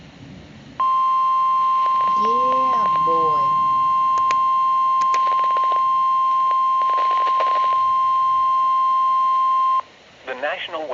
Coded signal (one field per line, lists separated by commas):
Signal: Emergency Alert System (SAME) tones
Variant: 1050 Hz attention tone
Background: speech